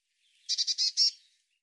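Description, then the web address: Bird call: a single burst of five rapid, buzzy, high-pitched notes lasting under a second, with no other sounds. "cianscape birddata Deverinetal 2025 Bird Cy Ca Cy Ca"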